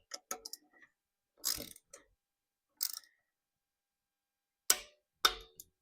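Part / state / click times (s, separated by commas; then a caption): click-type torque wrench on a bolt of the mixer assembly / torque reached / 4.7 s. A click-type torque wrench tightens the next bolt of the mixer assembly in a corner-to-corner sequence, with torque kept controlled because the part is aluminum and overtightening would damage it. Short ratcheting bursts come before a sharp, loud click at 4.7 s, followed by another crisp click at about 5.3 s. The wrench clicks at its setting, confirming the bolt is torqued.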